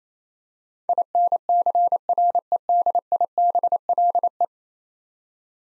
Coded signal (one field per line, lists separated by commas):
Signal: Morse code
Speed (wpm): 28 wpm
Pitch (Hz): 700 Hz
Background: none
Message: INCREDIBLE